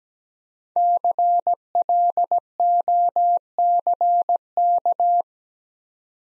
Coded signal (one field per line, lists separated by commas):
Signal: Morse code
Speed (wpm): 17 wpm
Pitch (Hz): 700 Hz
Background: none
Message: CLOCK